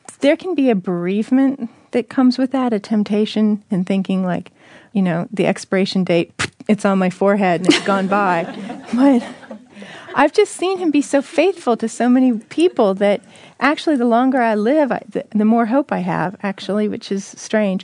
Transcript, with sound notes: There can be a bereavement that comes with that, a temptation in thinking, like, “Oh, the expiration date that’s on my forehead has gone by.” (laughter) I’ve just seen Him be so faithful to so many people that, actually, the longer I live, the more hope I have, actually, which is strange.